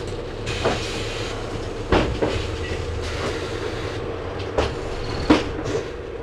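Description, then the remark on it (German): A steady rumble of a moving subway train with a low droning hum, broken by a few sharp rail clacks and rattles at irregular intervals, with no voices. “Und in die S-Bahn umsteigen. Hier? Ja. Müssten wir jetzt aussteigen?”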